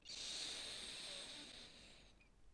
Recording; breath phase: one breath near a microphone; inhalation